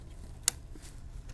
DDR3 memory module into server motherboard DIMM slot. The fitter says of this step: hear that click that click lets you know that you have fully seated the module